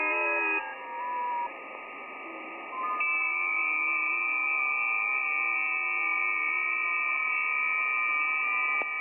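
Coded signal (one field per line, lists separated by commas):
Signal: FT8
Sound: several faint overlapping warbling tones in a hissy band, steady and slowly shifting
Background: radio static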